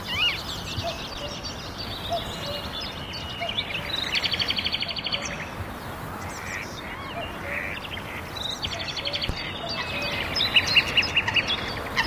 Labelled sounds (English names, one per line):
Western Marsh Harrier flight call